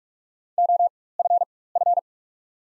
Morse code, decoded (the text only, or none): OFF